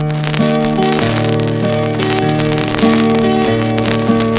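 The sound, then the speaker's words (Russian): Steady, sustained musical tones play over a constant dry crackle and hiss, like the surface noise of a vinyl record, with small pops scattered throughout at moderate loudness. “Только винил! Слышите, как он трещит?”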